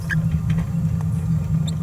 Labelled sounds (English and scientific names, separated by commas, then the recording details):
Green-rumped Parrotlet (Forpus passerinus) babbling
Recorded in a nest box in Venezuela
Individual 18B17A4